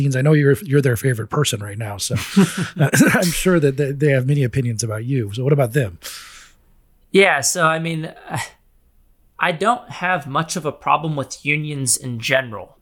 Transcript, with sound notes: I know you’re their favorite person right now, so [chuckle] I’m sure that they have many opinions about you, so what about them?
Yeah, so I don’t have much of a problem with unions in general.